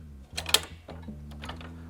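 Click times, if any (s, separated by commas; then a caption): 0.5 s. A new second bias transfer roll, already dropped into its slots and swung back toward the door, is pushed down by its plastic into the side door of a Xerox WorkCentre 7800 Series copier. A few short plastic taps lead into a sharp click at 0.5 s as the roll seats and locks in place. Fainter ticks follow near 1.4–1.6 s over a steady low machine hum.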